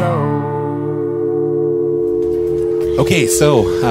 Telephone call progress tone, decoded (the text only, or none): dial tone